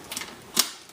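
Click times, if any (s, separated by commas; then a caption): 0.6 s. The barrel and hop-up assembly of an A&K M249 Mk1 airsoft light machine gun is lined up on the correct notch and pushed back into its plastic/metal receiver. A few soft scraping ticks around 0.1–0.2 s lead to a sharp, bright click at 0.6 s. The assembly locks in and is seated solid.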